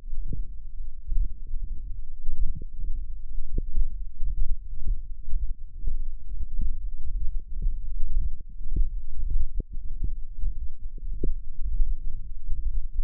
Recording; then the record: forearm muscle sounds (acoustic myography)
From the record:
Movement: radial deviation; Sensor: system 1, eight BSWA MPA416 microphones around the upper forearm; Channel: 8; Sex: male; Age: 21 years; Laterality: right